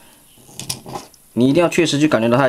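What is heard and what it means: The plastic tab of the truck-front panel on a Transformers Age of Extinction Spinning Grinder Galvatron robot toy is pulled down slightly and pressed into its matching recess, since the tolerance is imprecise and an unclipped panel leaves a large gap at the truck front. Sharp plastic clicks at 0.6 s and 0.7 s show the tab seating, followed by a faint tick around 1.1 s. From about 1.4 s someone talks.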